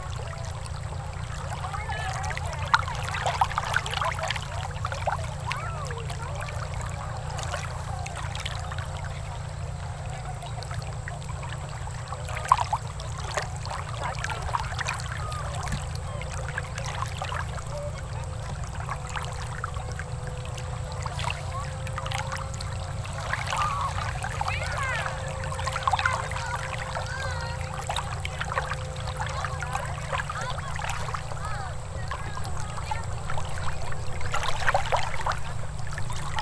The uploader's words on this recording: Relaxing Beach Ambience.